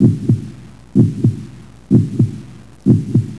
Heartbeat.